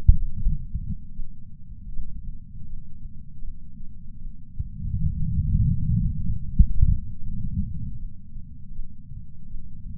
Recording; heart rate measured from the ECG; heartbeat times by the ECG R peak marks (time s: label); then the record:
heart sounds by patch sensor on the chest; 79 bpm
0.35 s: heartbeat
1.13 s: heartbeat
1.91 s: heartbeat
2.67 s: heartbeat
3.42 s: heartbeat
4.19 s: heartbeat
4.97 s: heartbeat
5.72 s: heartbeat
6.47 s: heartbeat
7.21 s: heartbeat
7.97 s: heartbeat
8.73 s: heartbeat
9.48 s: heartbeat
From the record:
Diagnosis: coronary artery disease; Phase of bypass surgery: postoperative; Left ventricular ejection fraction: 60%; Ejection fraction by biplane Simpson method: 54%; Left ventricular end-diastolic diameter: 47 mm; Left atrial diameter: 39 mm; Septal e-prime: 8.6 cm/s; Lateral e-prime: 7.5 cm/s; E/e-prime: 10.3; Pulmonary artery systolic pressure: 24 mmHg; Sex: male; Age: 75 years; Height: 168 cm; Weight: 74 kg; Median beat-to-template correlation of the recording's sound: 0.84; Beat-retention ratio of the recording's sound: 0.99